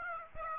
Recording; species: mosquito wingbeat signal from an infrared sensor; Aedes aegypti